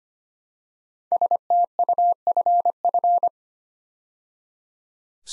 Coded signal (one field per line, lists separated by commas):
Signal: Morse code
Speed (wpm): 25 wpm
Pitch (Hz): 700 Hz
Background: none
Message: STUFF